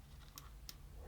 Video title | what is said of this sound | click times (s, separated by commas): How to insert game into Nintendo Switch 2 | Makes a nice little click. | 0.7 s